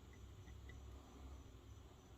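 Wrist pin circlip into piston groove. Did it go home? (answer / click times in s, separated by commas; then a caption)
no / none. A wrist pin circlip is being worked toward its groove in the aluminium piston during a 2005–2008 Yamaha GP1300R WaveRunner jet ski engine rebuild, with new cylinders, pistons and rings going in. A few faint, short metallic ticks sit over a steady low hum. Nothing has seated or clicked into place yet.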